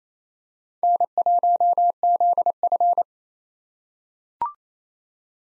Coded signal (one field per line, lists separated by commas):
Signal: Morse code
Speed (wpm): 28 wpm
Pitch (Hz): 700 Hz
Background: none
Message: N1ZF